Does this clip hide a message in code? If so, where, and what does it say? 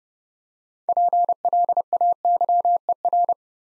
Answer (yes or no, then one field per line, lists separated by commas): yes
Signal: Morse code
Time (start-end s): 0.9-3.3 s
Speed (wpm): 28 wpm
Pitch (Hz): 700 Hz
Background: none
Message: PLAYER